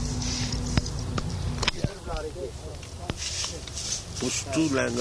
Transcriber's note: iranian men talking